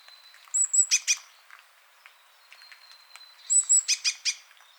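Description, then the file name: Great tit calls, two bursts of high thin notes running into four or five rasping chatters, with a faint sustained whistle in the gap between. "Parus major"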